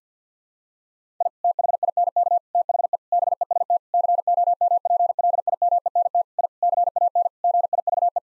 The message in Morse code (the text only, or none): I THINK THE BEST COMPLIMENT I CAN GIVE